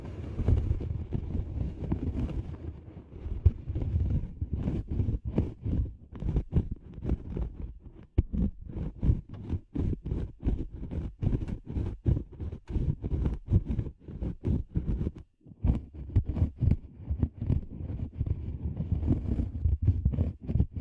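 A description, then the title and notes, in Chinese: Ear cleaning with no voice: a dense run of muffled rubbing, scraping and crackling against the microphone, low and thick in tone. Quick scratchy strokes come several times a second throughout, with short pauses near eight and fifteen seconds. 无人声采耳助眠。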